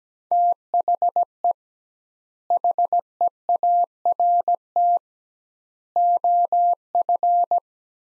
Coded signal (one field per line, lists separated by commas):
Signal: Morse code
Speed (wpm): 17 wpm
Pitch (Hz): 700 Hz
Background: none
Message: THE HEART OF